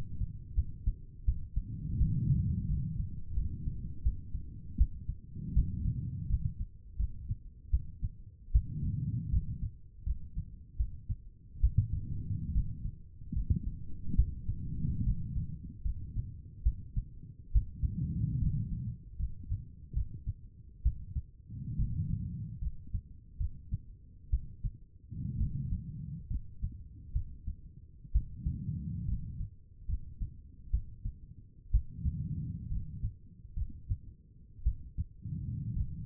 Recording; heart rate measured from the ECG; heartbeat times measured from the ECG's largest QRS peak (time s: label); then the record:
heart sounds by stethoscope; 72 bpm
0.56 s: heartbeat
1.26 s: heartbeat
1.99 s: heartbeat
2.67 s: heartbeat
3.35 s: heartbeat
4.04 s: heartbeat
4.78 s: heartbeat
5.54 s: heartbeat
6.28 s: heartbeat
6.98 s: heartbeat
7.71 s: heartbeat
8.53 s: heartbeat
9.31 s: heartbeat
10.05 s: heartbeat
10.78 s: heartbeat
11.61 s: heartbeat
12.53 s: heartbeat
13.34 s: heartbeat
14.17 s: heartbeat
15.05 s: heartbeat
15.83 s: heartbeat
16.64 s: heartbeat
17.53 s: heartbeat
18.40 s: heartbeat
19.18 s: heartbeat
19.94 s: heartbeat
20.84 s: heartbeat
21.77 s: heartbeat
22.60 s: heartbeat
23.38 s: heartbeat
24.31 s: heartbeat
25.38 s: heartbeat
26.29 s: heartbeat
27.13 s: heartbeat
28.13 s: heartbeat
29.06 s: heartbeat
29.87 s: heartbeat
30.71 s: heartbeat
31.71 s: heartbeat
32.69 s: heartbeat
33.55 s: heartbeat
34.64 s: heartbeat
35.74 s: heartbeat
From the record:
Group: healthy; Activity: rest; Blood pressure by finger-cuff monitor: 95/59 mmHg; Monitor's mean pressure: 69 mmHg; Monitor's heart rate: 74 bpm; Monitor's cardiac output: 5.6 L/min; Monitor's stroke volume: 79 mL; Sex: female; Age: 36 years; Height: 163 cm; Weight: 88 kg